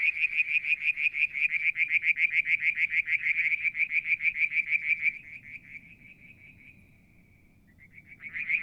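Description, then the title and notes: Frog trill of evenly repeated high pulses that fades into a softer drawn-out note, then a new burst starts. Striped marsh frog, Verreaux's tree frog and an unidentified frog; Mount Wilson, New South Wales, Australia; July 2022; evening, near a water tank. "Frog song, Mount Wilson, New South Wales, Australia in July 2022 – by Alexander Moffatt. Limnodynastes Peronii, Litoria Verreauxii and a mystery frog one evening near the water tank"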